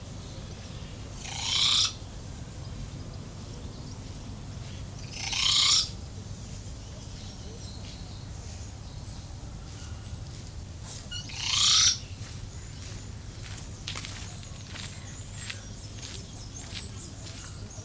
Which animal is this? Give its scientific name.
Procnias nudicollis